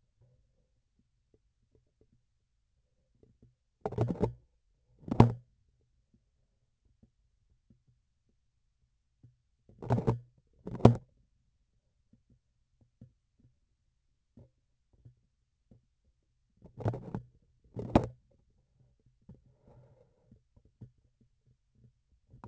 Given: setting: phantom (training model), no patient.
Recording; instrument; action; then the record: laparoscopic instrument, vibration sensor on the handle end; grasping forceps; opening and closing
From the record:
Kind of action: tool actuation without material contact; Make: other than Olympus